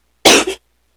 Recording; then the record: coughing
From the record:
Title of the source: 61 morning phlegmy cough...again